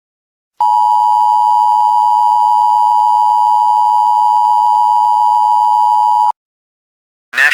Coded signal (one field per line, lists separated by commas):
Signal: Emergency Alert System (SAME) tones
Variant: 853 and 960 Hz attention tone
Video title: EAS Scenario #6: The Corner